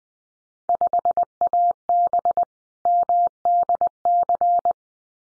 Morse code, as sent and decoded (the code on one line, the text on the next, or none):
..... .- -... / -- -.. -.-.
5AB MDC